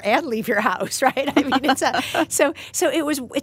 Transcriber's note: laughter